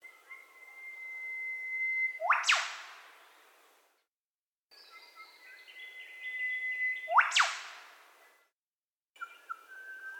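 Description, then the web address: Eastern whipbird calls: sustained whistles ending in explosive whip-crack snaps, twice, with softer stepped notes before the second and a faint whistle at the end. Australian native bird; call sequence. "Foundation Updates Bird Eastern Whipbird B sequence"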